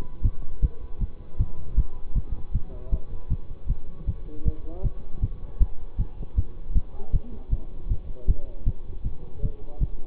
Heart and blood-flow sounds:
heart sounds by stethoscope; between the tricuspid and mitral areas; 157 bpm
0.24 s: heartbeat
0.63 s: heartbeat
1.01 s: heartbeat
1.40 s: heartbeat
1.78 s: heartbeat
2.16 s: heartbeat
2.54 s: heartbeat
2.93 s: heartbeat
3.31 s: heartbeat
3.69 s: heartbeat
4.08 s: heartbeat
4.46 s: heartbeat
4.84 s: heartbeat
5.23 s: heartbeat
5.61 s: heartbeat
5.99 s: heartbeat
6.37 s: heartbeat
6.76 s: heartbeat
7.13 s: heartbeat
7.52 s: heartbeat
7.90 s: heartbeat
8.28 s: heartbeat
8.67 s: heartbeat
9.05 s: heartbeat
9.43 s: heartbeat
9.81 s: heartbeat
From the record:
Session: bicycle stress test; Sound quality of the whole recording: good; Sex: male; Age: 24 years

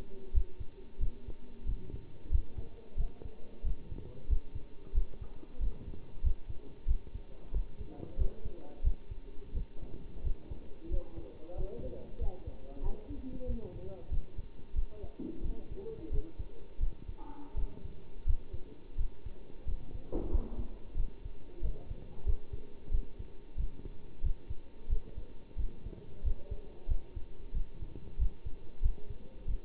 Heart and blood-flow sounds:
heart sounds by stethoscope; between the tricuspid and mitral areas; 91 bpm
0.34 s: heartbeat
1.00 s: heartbeat
1.66 s: heartbeat
2.31 s: heartbeat
2.97 s: heartbeat
3.64 s: heartbeat
4.29 s: heartbeat
4.94 s: heartbeat
5.60 s: heartbeat
6.23 s: heartbeat
6.87 s: heartbeat
7.53 s: heartbeat
8.18 s: heartbeat
8.83 s: heartbeat
9.54 s: heartbeat
10.23 s: heartbeat
10.90 s: heartbeat
11.57 s: heartbeat
12.20 s: heartbeat
12.82 s: heartbeat
13.47 s: heartbeat
14.11 s: heartbeat
14.75 s: heartbeat
15.43 s: heartbeat
16.11 s: heartbeat
16.80 s: heartbeat
17.56 s: heartbeat
18.26 s: heartbeat
18.97 s: heartbeat
19.66 s: heartbeat
20.31 s: heartbeat
20.96 s: heartbeat
21.62 s: heartbeat
22.26 s: heartbeat
22.91 s: heartbeat
23.57 s: heartbeat
24.23 s: heartbeat
24.89 s: heartbeat
25.57 s: heartbeat
26.24 s: heartbeat
26.88 s: heartbeat
27.53 s: heartbeat
28.19 s: heartbeat
28.82 s: heartbeat
29.47 s: heartbeat
From the record:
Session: bicycle stress test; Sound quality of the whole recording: good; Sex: male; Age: 27 years

